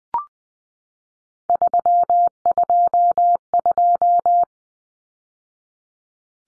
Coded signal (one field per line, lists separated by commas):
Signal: Morse code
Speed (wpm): 20 wpm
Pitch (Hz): 700 Hz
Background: none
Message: 322